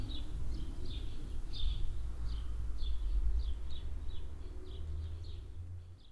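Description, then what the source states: Swallows calling with quick twittering notes, fading toward the end, against low wind rumble. Swallows flying under a shed roof in a barn yard at the village centre of Hoscheid, early afternoon in spring, mellow wind.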